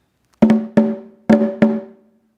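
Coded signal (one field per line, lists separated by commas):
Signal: talking drum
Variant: Akan talking drum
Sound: four low, resonant drum strokes in two pairs, each ringing briefly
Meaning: Everybody listen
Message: Munti Munti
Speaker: Munti Munti. Everybody listen.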